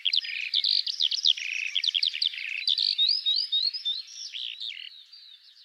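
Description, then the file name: Eurasian skylark singing a fast, jumbled warble of buzzy and liquid notes, then clearer slurred whistles, fading slightly toward the end. "Alouette des champs"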